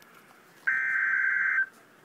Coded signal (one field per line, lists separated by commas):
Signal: Emergency Alert System (SAME) tones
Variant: header bursts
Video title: REAL EAS 581-Severe thunderstorm warning